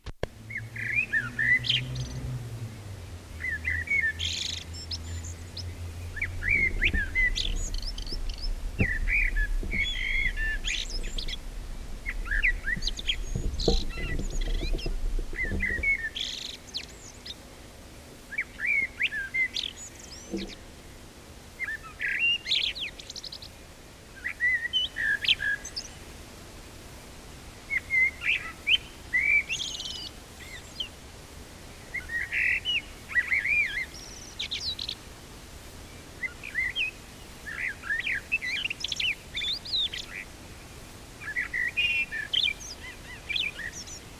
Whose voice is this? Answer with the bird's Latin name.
Turdus merula